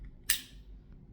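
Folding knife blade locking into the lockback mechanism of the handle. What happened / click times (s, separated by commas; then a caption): The folding blade snapped into its locked-open position / 0.3 s. A lockback folding knife is flicked open, and its blade locks into the lockback mechanism of the handle. One sharp, bright snap is heard at 0.3 s as the lock bar seats, and the blade locks open.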